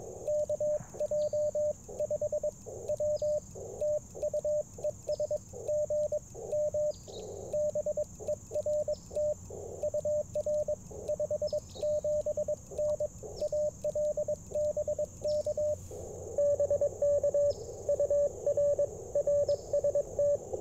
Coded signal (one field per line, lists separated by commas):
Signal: Morse code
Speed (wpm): 22 wpm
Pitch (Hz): 590 Hz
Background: radio noise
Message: KJ5W TU ES GM BERT UR 57N AL BK BK UR RST